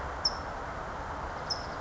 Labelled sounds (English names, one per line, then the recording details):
California Towhee
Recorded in Sonoma County, California